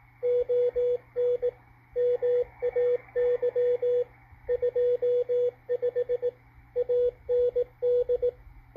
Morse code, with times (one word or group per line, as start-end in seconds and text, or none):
0.2-1.5 ON
2.0-4.0 MAY
4.5-6.3 25
6.8-8.3 AND